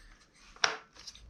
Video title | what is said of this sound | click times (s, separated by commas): G&G PCC45 - Should it be YOUR next SMG? | clicks into place and you get no wobble | 0.6 s